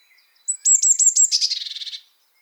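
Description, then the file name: Eurasian blue tit uttering high sharp notes followed by a rapid churring trill that trails off. "Cyanistes caeruleus"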